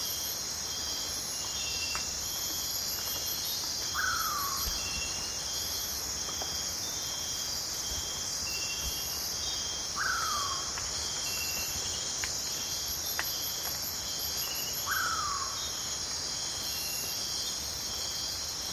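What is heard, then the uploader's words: A dense, piercing chorus of insects fills a calm rainforest night, layered in steady high bands with shifting trills and chirps on top. A descending call repeats at about 4, 10 and 15 seconds, while scattered soft drips and ticks fall throughout. Amazon rainforest - calm night. Deep in the Amazon rainforest at night there's fog drip, soft wind and occasionally deadfall. The piercing chorus of insects is constant, multi-layered and continuously changing. Several birds call every now and then, their plaintive wails echoing around the thick undergrowth.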